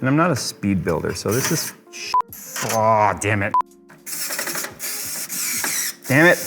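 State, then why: Stripped. A motorized screwdriver drives a screw into a motherboard standoff in a PC case, and someone talks over it. A sudden sound comes at 2.3 s as the screw cross-threads and the standoff backs out, leaving it stripped, and the person swears right after.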